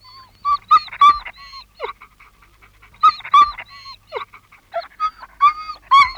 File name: Angstig janken van een hond - Sound Cloud - Beeld en Geluid